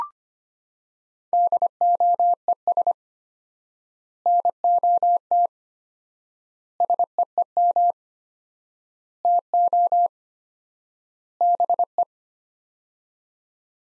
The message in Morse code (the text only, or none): DOES NOT SEEM TO BE